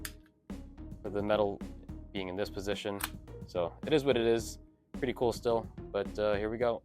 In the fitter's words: think it's a little bit too tilted, and plus it doesn't even lock all the way. But we're locked